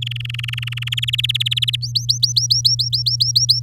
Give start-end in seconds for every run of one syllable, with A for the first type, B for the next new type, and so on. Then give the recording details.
0.02-1.05 A, 1.08-1.76 B, 1.82-3.60 C. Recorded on 10 May 2018 at 15:53. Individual llb16